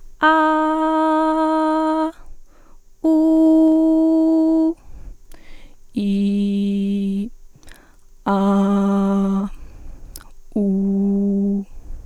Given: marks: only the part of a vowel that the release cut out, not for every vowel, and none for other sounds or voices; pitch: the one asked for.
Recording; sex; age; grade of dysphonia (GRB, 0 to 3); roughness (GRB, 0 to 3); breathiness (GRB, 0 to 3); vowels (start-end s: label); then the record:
sustained vowels; female; 20 to 29 years; 1; 1; 0
0.35-1.96 s: vowel /a/, high pitch
3.12-4.63 s: vowel /u/, high pitch
6.05-7.19 s: vowel /i/, low pitch
8.36-9.38 s: vowel /a/, low pitch
10.62-11.54 s: vowel /u/, low pitch
From the record:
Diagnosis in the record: healthy voice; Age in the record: 22 years